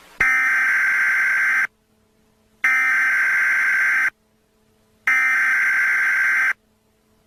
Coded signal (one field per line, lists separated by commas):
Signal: Emergency Alert System (SAME) tones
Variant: header bursts